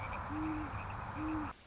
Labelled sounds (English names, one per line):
Great Horned Owl